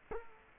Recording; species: mosquito wingbeat signal from an infrared sensor; Culex quinquefasciatus